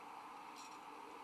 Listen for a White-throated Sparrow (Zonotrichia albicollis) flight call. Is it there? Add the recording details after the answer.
no. No flight call is heard. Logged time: 05:19 on 19 December 2014